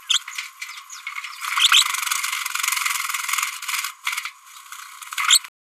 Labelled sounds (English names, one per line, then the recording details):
Green-rumped Parrotlet babbling
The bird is a male
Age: 32 days
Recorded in a nest box in Venezuela
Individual 17B102A4